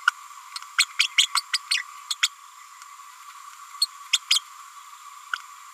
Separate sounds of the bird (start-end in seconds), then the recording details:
0.55-0.59, 0.78-0.85, 0.99-1.09, 1.17-1.28, 1.35-1.43, 1.53-1.59, 1.71-1.84, 2.10-2.16, 2.22-2.29, 3.81-3.87, 4.13-4.19, 4.30-4.39, 5.33-5.36. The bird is a female. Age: 30 days. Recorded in a nest box in Venezuela. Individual 17B102A6